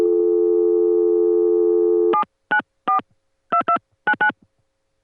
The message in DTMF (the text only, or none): 7942299